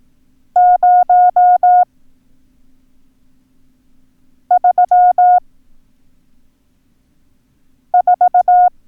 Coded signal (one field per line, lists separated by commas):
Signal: Morse code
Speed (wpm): 18 wpm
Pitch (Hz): 720 Hz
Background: none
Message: 034